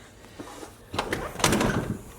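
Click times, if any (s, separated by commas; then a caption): 1.0 s, 1.4 s. A rear cab jump seat in a pickup is folded down and latches into place. Sharp metallic clunks ring out at 1.0 s and 1.4 s, with softer knocks before and between them. The seat locks into place.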